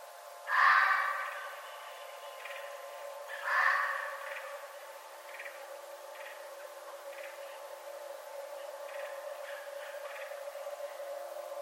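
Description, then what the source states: Red fox giving two hoarse, rasping calls about three seconds apart, followed by a long quiet stretch with only faint soft ticks and hum. Recorded 11 November 2011.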